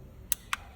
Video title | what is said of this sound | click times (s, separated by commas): Come Pulire il Corpo Farfallato dello Scooter - QJ Fort 350, BMW C400, Voge SR4 & Tutti i Modelli | Ok, una volta sentito il click possiamo rimontare tutto. | 0.3 s, 0.5 s